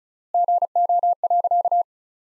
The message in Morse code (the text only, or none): GO.